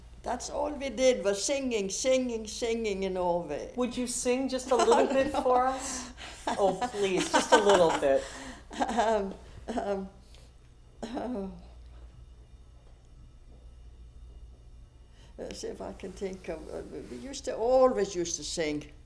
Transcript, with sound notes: That's all we did, was singing, singing, singing in Norway.
Would you sing just a little bit for us?
(she laughs) Oh, no.
Oh, please, just a little bit.
Let's see if I can think of, we used to always used to sing.